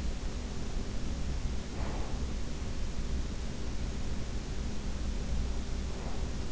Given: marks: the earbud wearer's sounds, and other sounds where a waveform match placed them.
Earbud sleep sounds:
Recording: sounds in sleep by an in-ear microphone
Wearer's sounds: breath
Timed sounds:
1.56-2.52 s: breath

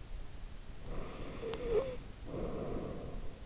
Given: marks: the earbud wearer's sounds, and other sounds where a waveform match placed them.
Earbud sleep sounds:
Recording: sounds in sleep by an in-ear microphone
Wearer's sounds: snoring breath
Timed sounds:
0.69-3.13 s: snoring breath

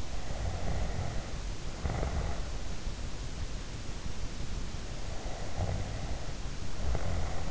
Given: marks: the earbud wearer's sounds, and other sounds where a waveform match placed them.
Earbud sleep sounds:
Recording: sounds in sleep by an in-ear microphone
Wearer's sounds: snoring breath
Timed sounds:
0.13-2.50 s: snoring breath
4.83-7.51 s: snoring breath

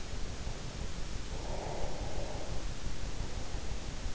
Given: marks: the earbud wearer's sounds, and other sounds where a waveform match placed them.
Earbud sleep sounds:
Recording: sounds in sleep by an in-ear microphone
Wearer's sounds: breath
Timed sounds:
1.08-3.05 s: breath

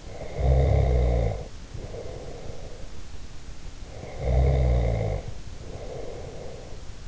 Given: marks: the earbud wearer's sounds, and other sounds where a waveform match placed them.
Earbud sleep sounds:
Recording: sounds in sleep by an in-ear microphone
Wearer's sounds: snoring breath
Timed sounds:
0.00-2.79 s: snoring breath
4.03-6.82 s: snoring breath

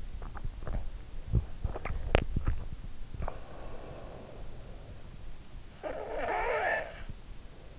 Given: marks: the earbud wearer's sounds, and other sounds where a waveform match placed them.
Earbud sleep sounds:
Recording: sounds in sleep by an in-ear microphone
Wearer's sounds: teeth grinding, snoring breath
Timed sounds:
0.47-3.73 s: teeth grinding
5.39-7.78 s: snoring breath

